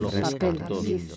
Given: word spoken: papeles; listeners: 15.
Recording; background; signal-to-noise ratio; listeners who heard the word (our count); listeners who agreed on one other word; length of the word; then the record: one Spanish word in noise, from a listening test; four-talker babble; -0.9 dB; 2 of 15; 6 of 15; 0.77 s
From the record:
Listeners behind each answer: 6, 2, 1, 1, 1, 1, 1, 1, 1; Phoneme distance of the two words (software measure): 14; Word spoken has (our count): 3 syllables, 7 phonemes, stress on syllable 2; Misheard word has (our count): 2 syllables, 5 phonemes, stress on syllable 2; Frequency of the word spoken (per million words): 48.17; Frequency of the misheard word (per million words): 194.69